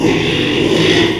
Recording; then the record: squeal of a Yucatan mini pig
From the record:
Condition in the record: after surgery on the right vocal fold (resection and tissue-engineered implant); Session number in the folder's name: 1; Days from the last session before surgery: 6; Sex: male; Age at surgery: 12 weeks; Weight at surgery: 13 kg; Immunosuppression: cyclosporine, prednisolone